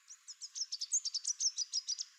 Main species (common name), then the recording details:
Chestnut-capped Warbler. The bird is a male. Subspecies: delattrii. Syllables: 15. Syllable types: 8. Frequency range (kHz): 3.3-8.6 kHz. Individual CR-NSRG-M